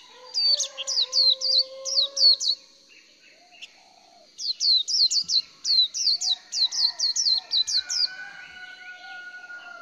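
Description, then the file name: White-eye twittering song, two long runs of thin high slurred notes about four per second, pausing between, with lower whistled tones in the background. "綠繡眼"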